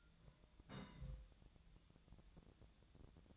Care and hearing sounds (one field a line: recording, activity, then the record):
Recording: daily activity, microphone in the room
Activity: place on stove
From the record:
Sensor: 3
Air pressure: 1009.9 hPa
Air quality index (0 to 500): 188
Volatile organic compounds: 14 ppm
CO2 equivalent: 2456 ppm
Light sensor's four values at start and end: 41/103/44/47 and 41/103/44/47